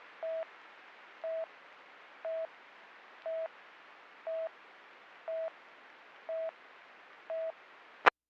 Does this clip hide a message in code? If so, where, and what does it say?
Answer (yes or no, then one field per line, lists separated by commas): no